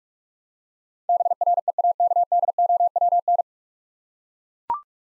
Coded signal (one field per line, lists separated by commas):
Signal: Morse code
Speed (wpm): 42 wpm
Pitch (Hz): 700 Hz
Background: none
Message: BREAKDOWN